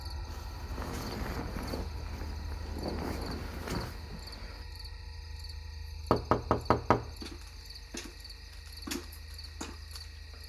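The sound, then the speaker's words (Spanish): A rapid burst of five sharp knocks on a door, followed by a few scattered single raps, over a steady, high chirring hum like crickets. “Aquellos golpes tan insistentes efectivamente también me habían crispado.”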